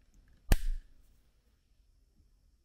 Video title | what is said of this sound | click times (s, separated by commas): Fluke 179 Teardown and Faded Display Quick Fix | snap it back into place and I'm going to do it again I'll be quiet so we can hear it on Snap | 0.5 s